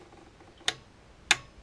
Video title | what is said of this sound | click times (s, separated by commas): 2015 Ford B Max Part 2 - Basic engine service | And you just heard it click, so it's tightened up to the proper torque. | 1.3 s